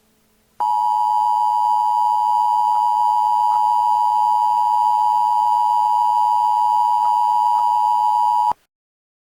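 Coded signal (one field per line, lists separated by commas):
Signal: Emergency Alert System (SAME) tones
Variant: 853 and 960 Hz attention tone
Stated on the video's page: Simulated, not real, school EAS alert imagined as a replacement for a lockdown drill.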